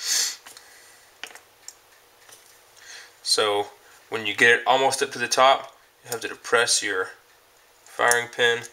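A metal firing pin retaining plate is slid back into the slide of a small .22 Phoenix HP22A pistol while the firing pin is held down near the top. Light metallic ticks sound, with the sharpest click at 1.2 s as the plate clicks into place and seats. Someone then talks.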